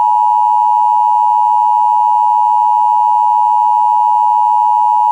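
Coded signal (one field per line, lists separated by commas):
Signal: Emergency Alert System (SAME) tones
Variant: 853 and 960 Hz attention tone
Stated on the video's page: Multiple alert headers received on WJON/IP Weatherscan feed, including several failed EAS transmissions.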